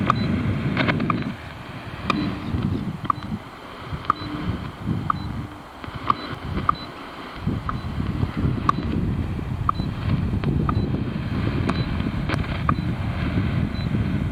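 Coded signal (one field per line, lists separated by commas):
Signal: radio time signal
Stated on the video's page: Signal heard while scanning 3–30 MHz on a 1970s Yaesu FRG-7 receiver with an end-fed 20m wire.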